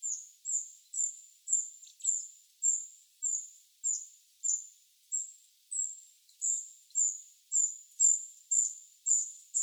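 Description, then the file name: Eurasian wren calling in a fast, steady series of hard, high ticks, roughly two per second, continuing without a break. "Troglodytes troglodytes"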